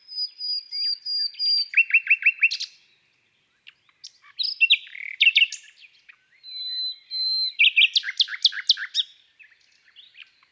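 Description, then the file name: Common nightingale song, a thin held whistle opening into rapid chattering notes, pauses, then further varied phrases of whistles and quick trills. From an album of bird songs of woods and forests. "Rossignol philomele Chants doiseaux des bois et des forets"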